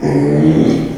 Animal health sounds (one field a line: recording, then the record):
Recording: squeal of a Yucatan mini pig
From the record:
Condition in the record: after surgery on the right vocal fold (resection and tissue-engineered implant)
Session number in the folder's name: 2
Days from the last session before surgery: 13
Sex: male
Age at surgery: 12 weeks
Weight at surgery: 13 kg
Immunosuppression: cyclosporine, prednisolone